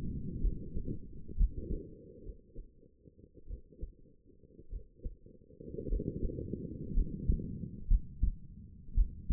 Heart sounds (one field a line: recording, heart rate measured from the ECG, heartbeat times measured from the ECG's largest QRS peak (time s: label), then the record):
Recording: heart sounds by stethoscope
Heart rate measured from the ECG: 56 bpm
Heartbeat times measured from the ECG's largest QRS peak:
0.41 s: heartbeat
1.38 s: heartbeat
2.23 s: heartbeat
3.48 s: heartbeat
4.70 s: heartbeat
5.89 s: heartbeat
6.94 s: heartbeat
7.88 s: heartbeat
8.95 s: heartbeat
From the record:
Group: healthy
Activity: rest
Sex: female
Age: 28 years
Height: 170 cm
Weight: 77 kg